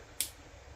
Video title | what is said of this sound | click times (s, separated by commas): Arrma Fury 223S & Mega. Arrma Senton Light kit Installation | click click and move and you could take it back out if you want to readjust your wi you don't have to | 0.2 s